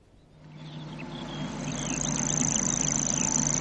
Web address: grasshopper warbler